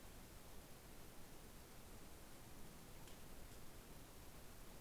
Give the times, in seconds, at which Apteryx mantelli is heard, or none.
none